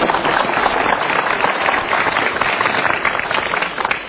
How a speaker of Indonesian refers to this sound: Biasanya tepuk tangan ya.